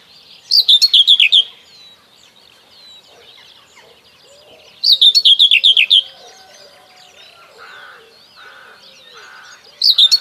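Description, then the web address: Common whitethroat singing brief scratchy warbling phrases, each about a second long, given roughly every four and a half seconds over soft chirps of other birds in the background. "Przyroda Ptaki Cierniówka"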